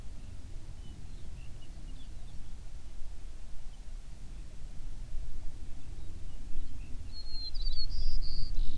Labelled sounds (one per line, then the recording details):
songbird
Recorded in the Prudhoe Bay oil fields, Alaska, on 11 June 2019 at 05:15
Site 21